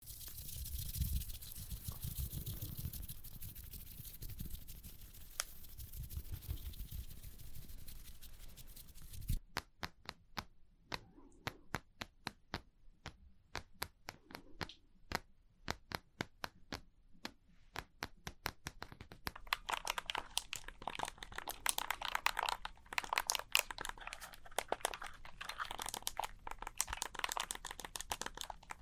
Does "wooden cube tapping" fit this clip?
yes